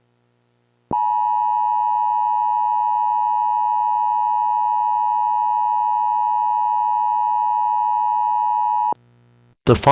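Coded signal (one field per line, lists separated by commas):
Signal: Emergency Alert System (SAME) tones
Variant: 853 and 960 Hz attention tone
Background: speech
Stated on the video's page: Fictional mock scenario using valid EAS tones.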